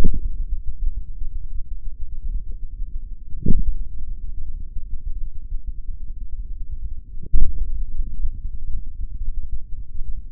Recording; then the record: forearm muscle sounds (acoustic myography)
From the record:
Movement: hand opening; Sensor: system 3, bracelet of six PUI Audio POM-2738L microphones around the upper forearm, with dedicated amplification and filtering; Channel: 6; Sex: male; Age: 56 years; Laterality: right